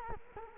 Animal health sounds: mosquito wingbeat signal from an infrared sensor; Culex quinquefasciatus

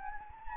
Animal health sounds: mosquito wingbeat signal from an infrared sensor; Anopheles gambiae

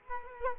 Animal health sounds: mosquito wingbeat signal from an infrared sensor; Culex quinquefasciatus

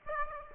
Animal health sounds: mosquito wingbeat signal from an infrared sensor; Aedes aegypti

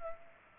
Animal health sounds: mosquito wingbeat signal from an infrared sensor; Culex pipiens

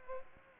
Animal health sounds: mosquito wingbeat signal from an infrared sensor; Aedes aegypti

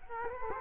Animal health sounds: mosquito wingbeat signal from an infrared sensor; Culex quinquefasciatus

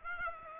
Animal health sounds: mosquito wingbeat signal from an infrared sensor; Aedes aegypti

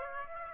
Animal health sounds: mosquito wingbeat signal from an infrared sensor; Aedes aegypti

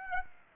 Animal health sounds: mosquito wingbeat signal from an infrared sensor; Aedes aegypti

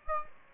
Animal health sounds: mosquito wingbeat signal from an infrared sensor; Aedes aegypti

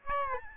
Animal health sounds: mosquito wingbeat signal from an infrared sensor; Aedes albopictus

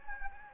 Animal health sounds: mosquito wingbeat signal from an infrared sensor; Anopheles gambiae

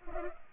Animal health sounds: mosquito wingbeat signal from an infrared sensor; Culex pipiens

